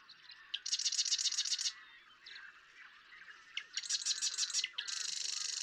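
Marsh Wren song: a rapid rattling trill, softer squeaky notes, a second trill, then straight into a steady buzzy pulse train.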